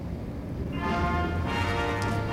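Steady rain falls outside, hissing throughout, and after a moment a sustained, harmonically rich drone swells in beneath it and continues to the end, with no voices.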